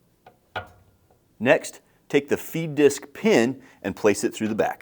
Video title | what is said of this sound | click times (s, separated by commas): Hornady Versa-Prime Bench Priming Tool: SETUP & OPERATION (Everything You Need to Know) | You'll feel it snap into place when you insert it. | 0.6 s